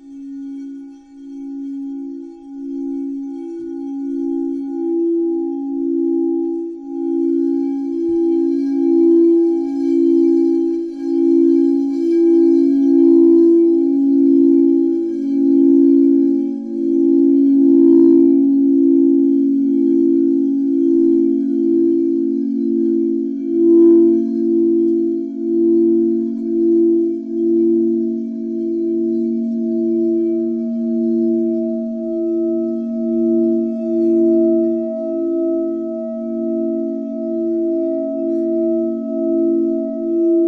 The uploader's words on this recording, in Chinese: 水晶钵音乐。回音。